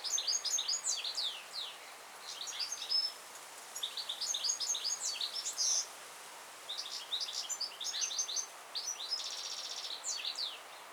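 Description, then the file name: European goldfinch song: bright, tinkling, twittering phrases with quick chirps and buzzy trills, delivered in bursts separated by short pauses. "Carduelis carduelis"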